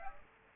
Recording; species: mosquito wingbeat signal from an infrared sensor; Aedes aegypti